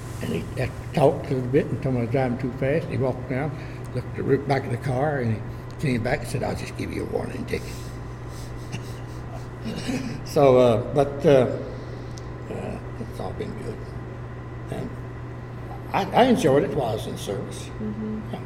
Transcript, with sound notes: And he, I talked to him a bit, I told him I was driving too fast, he walked out, looked at the rear back of the car, and he, he came back and said, “I’ll just give you a warning ticket.”. [Chuckling] So…but…that’s all been good, and, I, I enjoyed it while I was in the service, yeah.